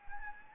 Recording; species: mosquito wingbeat signal from an infrared sensor; Anopheles gambiae